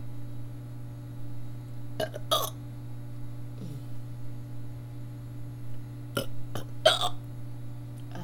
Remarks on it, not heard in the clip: I have the hiccups. Oh, ouch. Got an actual case just by burping.